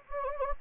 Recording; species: mosquito wingbeat signal from an infrared sensor; Anopheles gambiae